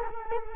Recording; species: mosquito wingbeat signal from an infrared sensor; Culex quinquefasciatus